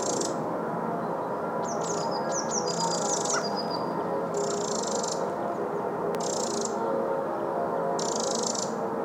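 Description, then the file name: Eurasian wren calls: short, harsh buzzy bursts repeated at intervals, with a run of thin, falling high chirps early on, over a steady low rushing background. "Troglodytes troglodytes"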